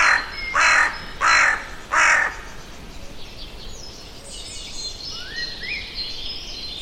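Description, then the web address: Bird calls: three loud, harsh caws in quick succession, followed by quieter high sounds. "Bird Only"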